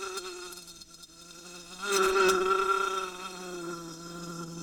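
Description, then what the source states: Wasp buzzing steadily with a droning hum, swelling louder midway with brief tapping bursts, then settling back to a softer continuous drone. Wasp under glass.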